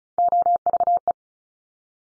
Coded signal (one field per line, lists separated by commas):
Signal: Morse code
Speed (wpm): 36 wpm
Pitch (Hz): 700 Hz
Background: none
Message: OVE